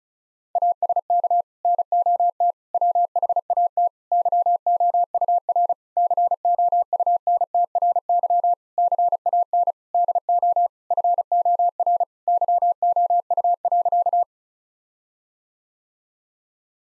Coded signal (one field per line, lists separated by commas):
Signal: Morse code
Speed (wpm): 36 wpm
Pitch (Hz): 700 Hz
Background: none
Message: ASK NOT WHAT YOUR COUNTRY CAN DO FOR YOU.